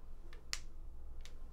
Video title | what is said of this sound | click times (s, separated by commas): Implant Supported Dentures | hear that that little click what that is is the sound of quality of life | 0.5 s